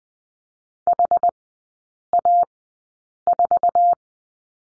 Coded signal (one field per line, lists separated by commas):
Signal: Morse code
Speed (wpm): 20 wpm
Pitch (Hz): 700 Hz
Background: none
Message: HA4